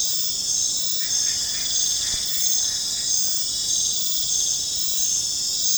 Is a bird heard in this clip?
no